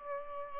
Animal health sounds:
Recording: mosquito wingbeat signal from an infrared sensor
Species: Aedes albopictus

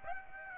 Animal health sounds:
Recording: mosquito wingbeat signal from an infrared sensor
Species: Aedes aegypti

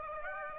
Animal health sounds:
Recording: mosquito wingbeat signal from an infrared sensor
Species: Aedes aegypti

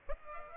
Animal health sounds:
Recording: mosquito wingbeat signal from an infrared sensor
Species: Aedes aegypti

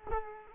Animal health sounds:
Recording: mosquito wingbeat signal from an infrared sensor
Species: Culex quinquefasciatus

